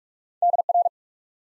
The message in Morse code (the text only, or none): DR